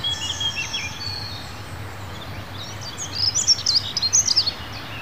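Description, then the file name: Dunnock song: a brisk high warbling phrase in the second half, preceded by faint thin whistles, with constant low background hum. "Passera Scopaiola"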